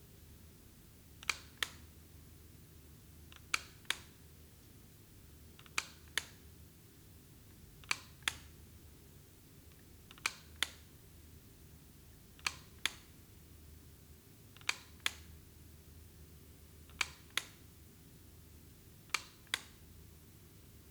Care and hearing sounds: daily activity, guitar pickup as the sensor; operate light

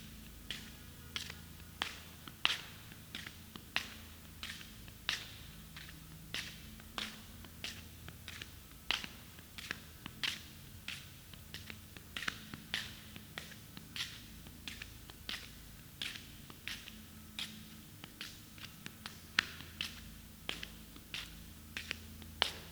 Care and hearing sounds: daily activity, guitar pickup as the sensor; walk

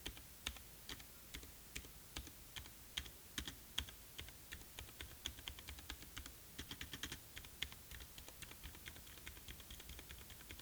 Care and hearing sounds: daily activity, guitar pickup as the sensor; type

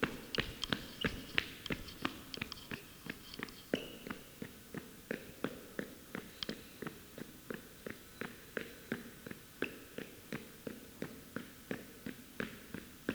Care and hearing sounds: daily activity, guitar pickup as the sensor; run

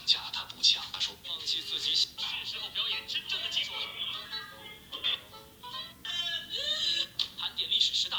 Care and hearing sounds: daily activity, guitar pickup as the sensor; browse video

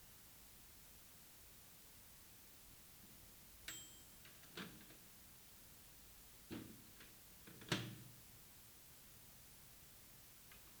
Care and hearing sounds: daily activity, guitar pickup as the sensor; use microwave

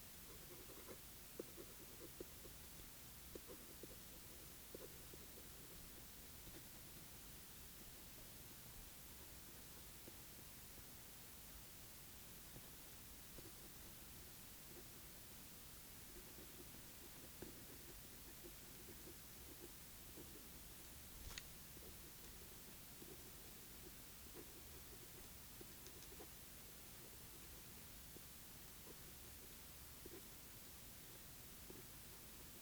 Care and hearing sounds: daily activity, guitar pickup as the sensor; write

